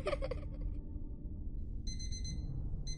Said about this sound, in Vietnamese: Tiếng chuông báo thức khiến cho tôi giật mình tỉnh dậy.